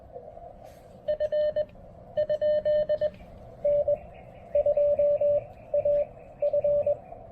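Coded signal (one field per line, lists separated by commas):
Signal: Morse code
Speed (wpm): 20 wpm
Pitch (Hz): 590 Hz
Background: radio noise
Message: F ? N2AF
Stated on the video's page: POTA park activation at Fort Dobbs with a Xiegu G106 QRP transceiver, MC-750 antenna, BCI filter kit, and battery power that ran down.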